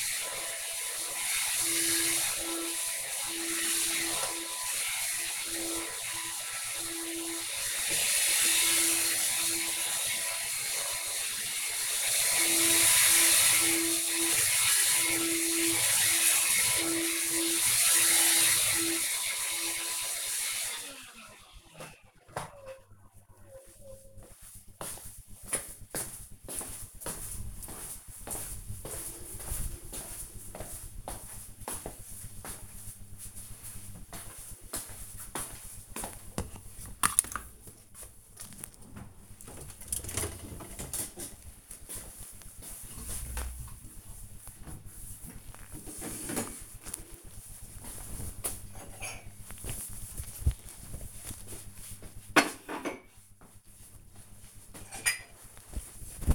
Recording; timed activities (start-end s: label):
household activities, microphone on the right wrist
0.00-20.89 s: vacuum cleaning
35.98-56.35 s: cleaning out the dishwasher